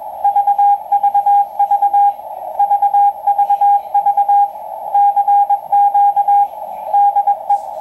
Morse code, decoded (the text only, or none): VVV VVV CQ DE